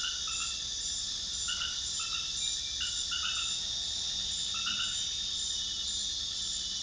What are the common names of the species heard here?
none